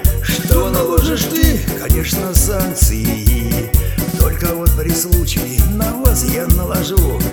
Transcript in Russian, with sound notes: Что наложишь ты?!(хором)
Конечно санкции.
Только вот при случае на вас я наложу!